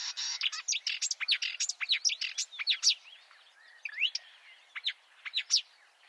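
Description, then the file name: Marsh warbler singing a quick jumble of high scratchy notes and sharp chips, dense at first, then sparser, more spaced phrases. "suara kicauan burung marsh warbler. omkicau"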